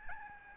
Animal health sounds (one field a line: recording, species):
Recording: mosquito wingbeat signal from an infrared sensor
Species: Aedes albopictus